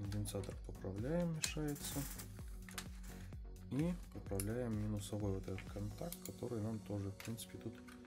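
Someone talks over background music while a capacitor and the negative battery contact on the board of a handheld game console, a Nintendo Game Boy under repair, are nudged aside because they are in the way of the plastic button plunger. Faint handling taps are heard. Nothing has seated or clicked yet by the end of the clip.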